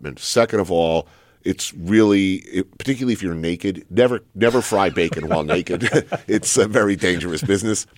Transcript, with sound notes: Second of all, it's really - particularly if you're naked, never fry bacon while naked. (Laughter) It's a very dangerous business.